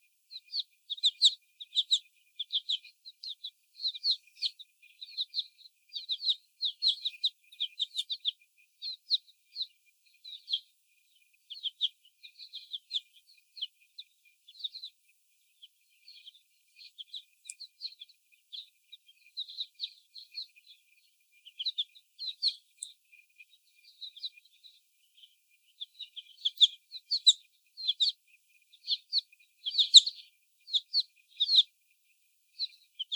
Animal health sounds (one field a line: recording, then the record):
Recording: young laying hens in a cage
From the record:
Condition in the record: before the stressor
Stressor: sudden umbrella opening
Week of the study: 1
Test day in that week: 1